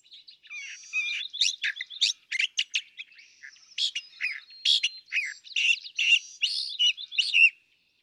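California thrasher song of rich, scratchy and whistled phrases delivered in a steady, rambling stream with frequent changes in note type.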